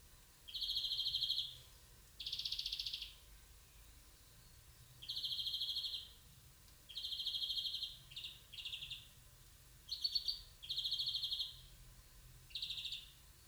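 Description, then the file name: European greenfinch calling with drawn-out buzzy wheezes and a few shorter clipped notes, repeated at irregular intervals. "Chloris chloris"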